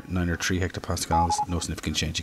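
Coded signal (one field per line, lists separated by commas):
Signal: none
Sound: ATC software alert beeps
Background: speech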